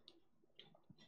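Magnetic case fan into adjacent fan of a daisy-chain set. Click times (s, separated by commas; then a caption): 0.1 s. A magnetic daisy-chain ARGB case fan from the all-white Gigabyte AORUS WATERFORCE X II 360 ICE AIO cooler set is lined up against the next fan of the 360 set. It snaps into place with a sharp click at 0.1 s, followed by a few fainter ticks and knocks. The fan is seated.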